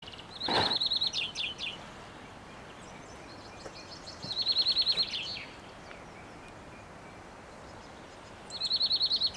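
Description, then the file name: European greenfinch producing three bouts of fast, evenly spaced trilled notes about four seconds apart, the first two each ending in a few buzzier chirps. "Chloris chloris"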